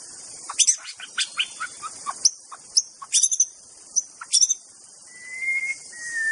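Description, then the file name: White-rumped Shama song: a rapid run of sharp clicks and short varied whistles, then a long steady whistled note that drops slightly, with constant high hiss behind. Forest bird. "suara muraibatu hutan. omkicau"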